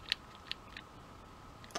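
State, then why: Seated. A plastic Transformers Power of the Primes Volcanicus combiner arm is pushed into the torso's connection port and clips in with a sharp click at 0.1 s, fully seated. Fainter plastic clicks follow around 0.5 s and 0.8 s, with a brief rattle near 1.8 s.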